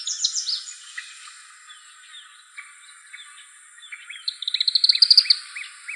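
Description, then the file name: Tropical kingbird call: a high, quickening twittered trill late, over softer scattered chips and a separate series of short arched notes. Arizona. "TRKI 1 deviche"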